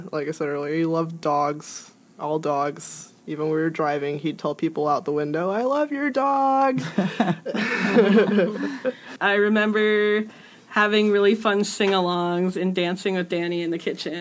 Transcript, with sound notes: Like I said earlier he loved dogs, all dogs. Even when we're driving he tell people out the window “I love your dog!” [laughs]
I remember having really fun sing alongs and dancing with Dani in the kitchen.